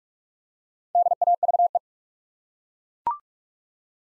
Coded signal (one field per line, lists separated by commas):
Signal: Morse code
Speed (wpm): 42 wpm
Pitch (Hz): 700 Hz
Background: none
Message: DAVE